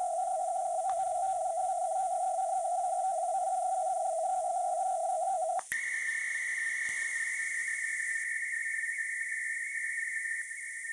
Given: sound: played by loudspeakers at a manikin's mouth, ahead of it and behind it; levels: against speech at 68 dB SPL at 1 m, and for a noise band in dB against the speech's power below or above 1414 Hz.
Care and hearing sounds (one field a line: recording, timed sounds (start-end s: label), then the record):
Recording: test signals for a remote microphone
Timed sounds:
0.00-0.89 s: noise band at 707 Hz, +5 dB
0.89-5.59 s: noise band at 707 Hz, +10 dB
5.71-10.41 s: noise band at 2000 Hz, +10 dB
10.41-10.93 s: noise band at 2000 Hz, +5 dB
From the record:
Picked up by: remote microphone C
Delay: 23 ms